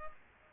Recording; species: mosquito wingbeat signal from an infrared sensor; Culex pipiens